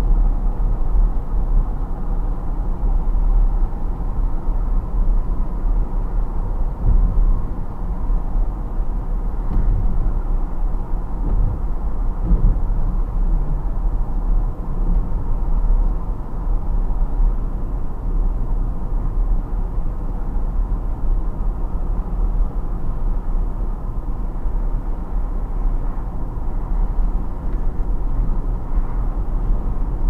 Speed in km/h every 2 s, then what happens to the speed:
62, 62, 62, 62, 62, 64, 62, 62, 62, 62, 62, 62, 62, 62, 62.
0-30 steady at about 62.